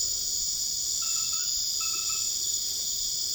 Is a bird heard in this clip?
no